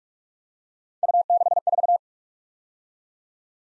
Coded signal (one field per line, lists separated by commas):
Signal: Morse code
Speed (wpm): 43 wpm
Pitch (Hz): 700 Hz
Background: none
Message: U64